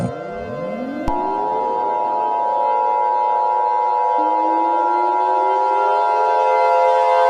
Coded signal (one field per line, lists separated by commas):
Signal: Emergency Alert System (SAME) tones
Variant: 853 and 960 Hz attention tone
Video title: Yellow - An EAS mini scenario